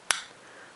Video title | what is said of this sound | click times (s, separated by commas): Otterbox Defender(Grey/Yellow) Unboxing and Review [iPhone 4/4S] | until you hear a click and then you let go | 0.1 s